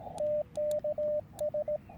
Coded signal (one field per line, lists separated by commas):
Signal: Morse code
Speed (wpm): 17 wpm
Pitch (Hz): 600 Hz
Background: radio noise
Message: TKS